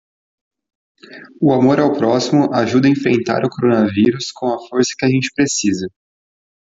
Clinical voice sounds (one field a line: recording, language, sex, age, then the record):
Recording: spoken sentence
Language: Brazilian Portuguese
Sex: male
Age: 20 to 29 years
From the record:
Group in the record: control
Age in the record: 21 years